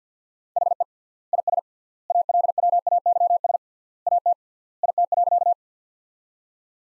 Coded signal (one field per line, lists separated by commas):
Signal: Morse code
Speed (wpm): 46 wpm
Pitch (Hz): 700 Hz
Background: none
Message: HE IS ALWAYS AT IT.